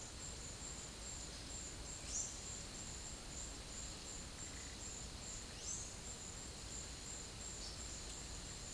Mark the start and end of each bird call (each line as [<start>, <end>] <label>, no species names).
[2.00, 2.32] bird call
[5.50, 5.83] bird call